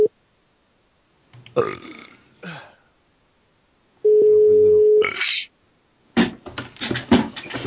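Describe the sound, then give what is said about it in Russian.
A steady, unbroken telephone dial tone hums at one pitch for about a second, set between loud, rough belching-like vocal bursts before and after it. “Он просто трубку сейчас звонит.”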